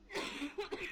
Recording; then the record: coughing mixed with background sound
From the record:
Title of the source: 64 coughing, allergies, singing lungs